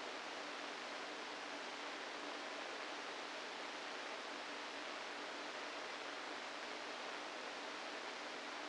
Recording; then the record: brain microelectrode recording played as sound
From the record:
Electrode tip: inside the subthalamic nucleus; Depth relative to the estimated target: -1 mm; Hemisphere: right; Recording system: NeuroSet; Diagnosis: Parkinson's disease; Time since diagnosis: 7 years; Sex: female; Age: 68 years